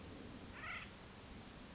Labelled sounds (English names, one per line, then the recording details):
Acorn Woodpecker
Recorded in Sonoma County, California